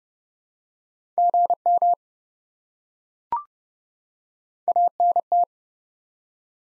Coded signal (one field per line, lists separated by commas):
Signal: Morse code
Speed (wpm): 30 wpm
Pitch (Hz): 700 Hz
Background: none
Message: GM ANT